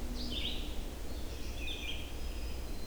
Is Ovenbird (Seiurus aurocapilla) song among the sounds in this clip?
no